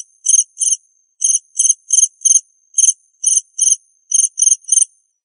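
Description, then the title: Cricket chirping: short, high, buzzy pulses in small groups of one to four, separated by brief silences; no other sounds. "suara Hujan Guntur Suara Jangkrik Dan Burung"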